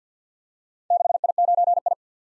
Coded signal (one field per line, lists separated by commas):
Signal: Morse code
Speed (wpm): 46 wpm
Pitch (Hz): 700 Hz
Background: none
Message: 6I9I